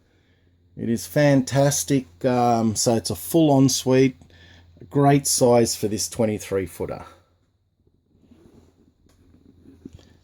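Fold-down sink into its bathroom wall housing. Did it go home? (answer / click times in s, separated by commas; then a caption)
yes / 10.0 s. In the ensuite of a 23-foot Jayco Conquest motorhome, someone talks, and then quiet handling sounds follow as the fold-down sink is pushed back up into its stowed position in the bathroom wall housing. A sharp, short click at 10.0 s marks the sink latching and locking back into place.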